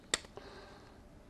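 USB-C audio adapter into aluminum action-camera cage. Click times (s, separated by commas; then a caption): 0.1 s. A GoPro audio adapter with a USB-C plug is pushed into the aluminum vlogging cage around a Hero 8 action camera. A sharp, loud snap at 0.1 s marks it seating, followed by a faint tap at about 0.4 s and then quiet background hiss. The adapter is seated in the cage.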